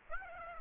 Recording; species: mosquito wingbeat signal from an infrared sensor; Aedes aegypti